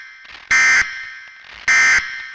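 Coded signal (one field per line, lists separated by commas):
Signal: Emergency Alert System (SAME) tones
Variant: end-of-message bursts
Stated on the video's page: Fictional EAS scenario.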